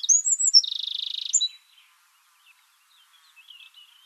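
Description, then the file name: Eurasian wren song: a few high twittering notes lead into a fast, even rattling trill lasting about a second, then only faint scattered notes follow. "Troglodytes troglodytes"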